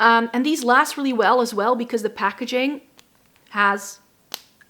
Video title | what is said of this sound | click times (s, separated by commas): BEST DRUGSTORE MAKEUP 2023 // Eyes: mascara, brows, liners, singles & palettes | a really nice satisfying snap | 4.3 s